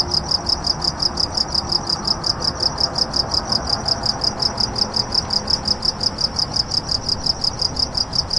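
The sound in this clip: Cricket chirps, shrill and evenly spaced, close to three pulses each second, continuing without pause above a faint hiss and low hum.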